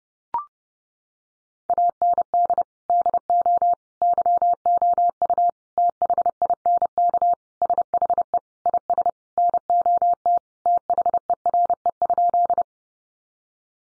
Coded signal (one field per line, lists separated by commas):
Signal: Morse code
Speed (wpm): 30 wpm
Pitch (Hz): 700 Hz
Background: none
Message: AND DO YOU THINK SHE IS NOT THERE?